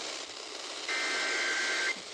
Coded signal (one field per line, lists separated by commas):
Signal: Emergency Alert System (SAME) tones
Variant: header bursts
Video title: EAS Alerts From 11/8/25: A Compilation (EAS 1071-1078)